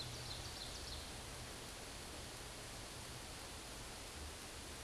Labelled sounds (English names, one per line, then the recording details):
Ovenbird song
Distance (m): 85 m
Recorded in a Pennsylvania forest on 17 May 2023 at 14:05
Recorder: AudioMoth, point grid1_34_low
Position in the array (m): 211 m, 26 m